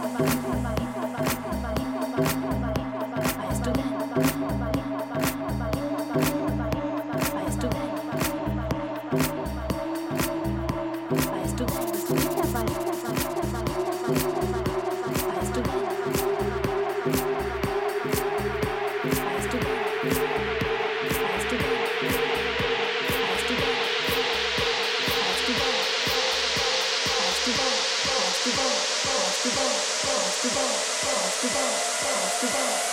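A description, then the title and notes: At the Day of the Dead in Tucson, Arizona, a fast, regular thumping beat runs through the whole stretch while a buzzing tone slowly climbs in pitch. From about twenty seconds a bright hiss swells and rises with it, and the loudness stays even. Day of the Dead, Tucson Arizona.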